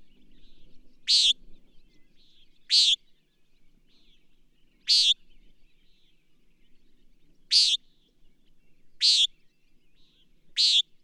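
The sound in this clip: Bird song: short bright rasping chirps repeated every couple of seconds, some preceded by a softer, lower twitter.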